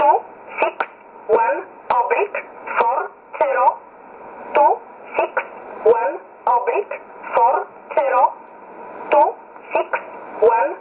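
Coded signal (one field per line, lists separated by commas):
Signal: numbers station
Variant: E11 Oblique, English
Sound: a voice reading short words one by one at a steady pace, over a narrow radio channel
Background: radio static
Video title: 15 06 2020 E11 Oblique Numbers station in English 0746 on 9610 unknown tx site in USB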